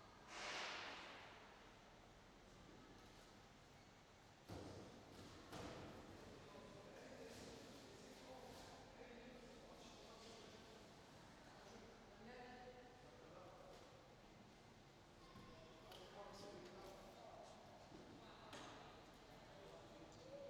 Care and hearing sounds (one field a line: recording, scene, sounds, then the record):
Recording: everyday scene through a hearing-aid microphone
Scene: reverberant space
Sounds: background noise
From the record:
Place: railway station hall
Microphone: in the ear canal, left